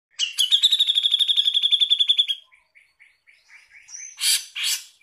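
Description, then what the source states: Grey-cheeked bulbul giving a long, harsh, rattling trill of about two seconds, then soft scattered chatter notes and two short, rough bursts. Master song used to teach birdsong to songbirds.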